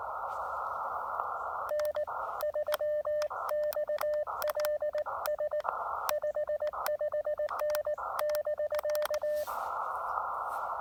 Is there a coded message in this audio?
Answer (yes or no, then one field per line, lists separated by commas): yes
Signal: Morse code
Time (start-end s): 1.7-9.4 s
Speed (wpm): 18 wpm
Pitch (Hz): 590 Hz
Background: radio noise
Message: N3XLS 55N <BK>